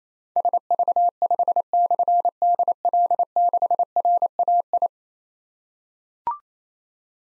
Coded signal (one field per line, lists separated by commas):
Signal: Morse code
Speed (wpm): 27 wpm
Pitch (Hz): 700 Hz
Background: none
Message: SV5/DL6RAI